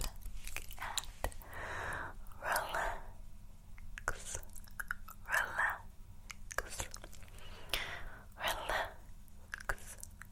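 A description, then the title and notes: Mouth sounds and soft tapping, with wet chewing-like clicks and crunches coming in short bursts every second or so. Sharp little taps punctuate the bursts, while a steady low hum runs underneath throughout. Personal Attention, Gentle Tapping & Mouth Sounds.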